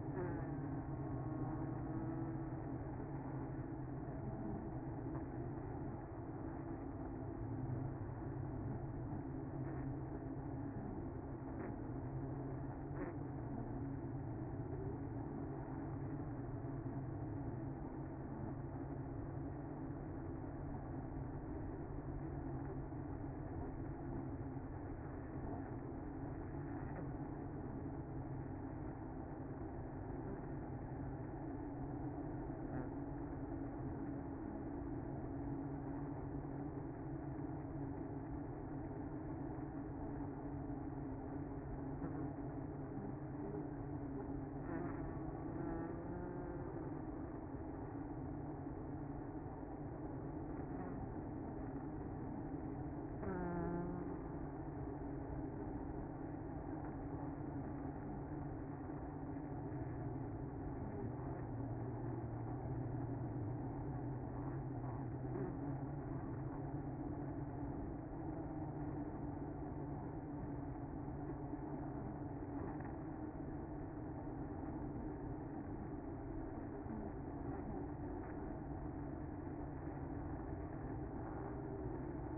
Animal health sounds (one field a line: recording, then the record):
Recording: honeybee colony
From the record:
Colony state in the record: active